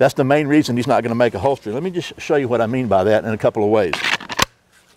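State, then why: Seated. Someone talks, then a pistol is pushed into a custom-molded concealed carry holster and snaps home in its retention with one sharp click at 4.4 s. The gun is seated, and the audible snap shows the holster has good retention.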